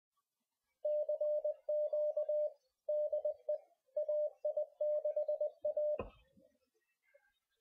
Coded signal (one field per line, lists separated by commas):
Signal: Morse code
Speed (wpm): 20 wpm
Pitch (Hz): 600 Hz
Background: radio noise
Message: CQ DE AI6A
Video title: Ham Radio Extra Class License Course, day 1 part 2